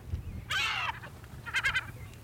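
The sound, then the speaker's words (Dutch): A gull gives a loud, nasal laughing call: one long harsh cry followed by a quick run of three or four shorter, rhythmic yelps over a low background rumble. “Ja, dat geluid. Een beetje dat lachen. Hij heeft een tijdje in het Duits ook lachmeeuw geheten.”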